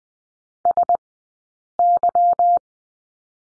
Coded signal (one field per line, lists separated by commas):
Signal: Morse code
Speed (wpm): 20 wpm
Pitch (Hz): 700 Hz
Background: none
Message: S Y